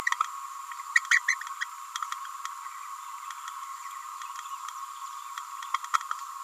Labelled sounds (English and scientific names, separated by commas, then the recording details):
Green-rumped Parrotlet (Forpus passerinus) babbling
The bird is a female
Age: 29 days
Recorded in a nest box in Venezuela
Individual 17B31A3